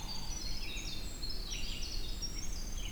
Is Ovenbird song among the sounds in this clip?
no